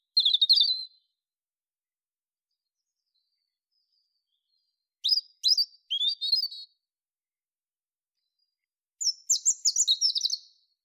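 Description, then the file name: European robin song in three brief bursts of high, sharp twittering notes, several seconds apart, with silence between. "Erithacus rubecula"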